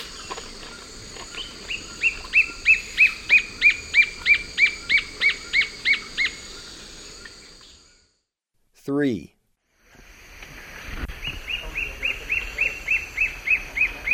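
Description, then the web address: White-flanked antwren song: a steady series of short, sharp notes, about three per second, in two bursts split by a brief silence and a quick sweeping sound. Eastern lowlands of South America. "Natures Songs S America Eastern Lowlands. White-flanked Antwren"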